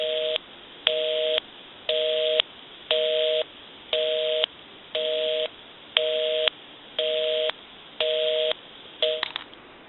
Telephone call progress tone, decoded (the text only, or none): busy tone